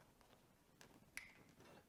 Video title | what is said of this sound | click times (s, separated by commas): Electrical Plug Cleaning - Dirt Bike Maintenance Part 5 - Yamaha YZ 250FX | and you hear the click hopefully maybe there we've got three plugs done | 1.2 s